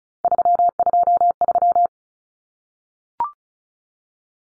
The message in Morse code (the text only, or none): 323